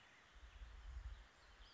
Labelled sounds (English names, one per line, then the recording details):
Western Flycatcher
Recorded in Sonoma County, California